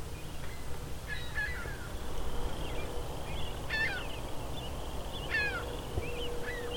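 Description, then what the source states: Ring-billed gulls trading harsh, slurred mewing calls in short bursts, over a constant low rumble. Some ring-billed gulls calling out to each other; one circled back.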